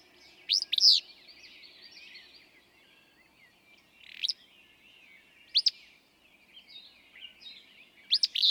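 Willow flycatcher repeating a snappy, buzzy two-part song several times.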